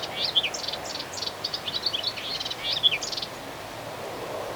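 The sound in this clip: Melodious warbler singing a fast, varied babbling phrase of high chirps and short buzzy notes lasting about three seconds, then stopping; faint background hiss.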